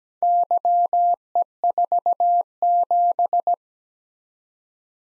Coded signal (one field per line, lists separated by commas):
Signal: Morse code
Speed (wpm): 17 wpm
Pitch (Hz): 700 Hz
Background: none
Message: YE47